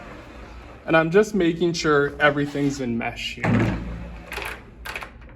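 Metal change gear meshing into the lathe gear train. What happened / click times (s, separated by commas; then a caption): Gears handled, no seating click yet / none. Someone talks while handling a lathe's metal change gears, which sit slightly out of mesh with the gear train. Brief handling noises sound under the voice, but nothing has clicked into mesh yet.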